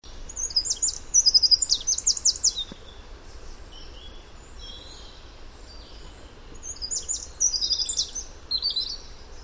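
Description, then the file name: Eurasian wren giving rapid, high, sweeping notes in two loud bursts, the first early and the second near the end, with fainter notes between. "Troglodytes troglodytes"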